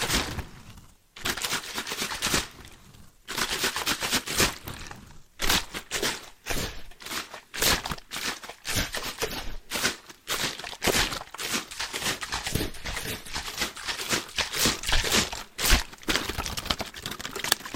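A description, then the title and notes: Plastic water bottles are handled, with dense crinkling and crunching broken by quick taps and shakes. The sounds come in busy, fairly regular bursts with brief pauses near one, three and five seconds, bright and crisp throughout. ASMR Rhythmic Triggers with Waterbottles (Shaking, Tapping) No Talking.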